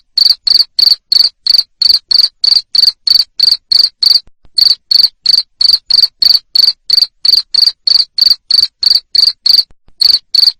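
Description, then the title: Cricket chirping in a fast, even series of high, buzzy pulses about three each second, with brief pauses, clean background. Loud cricket chirping used to stimulate lovebirds to sing continuously (ngekek). "Suara JANGKRIK NGERIK Keras Bikin LOVEBIRD Jadi NGEKEK Terus Vubey"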